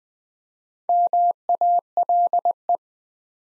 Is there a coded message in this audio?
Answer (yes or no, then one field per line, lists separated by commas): yes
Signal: Morse code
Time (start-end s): 0.9-2.8 s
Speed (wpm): 20 wpm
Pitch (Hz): 700 Hz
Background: none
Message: MALE